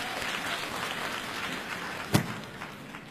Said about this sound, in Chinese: 好，下面我们再把他请出来为大家表演加演小段，大家伙欢迎， 掌声有请。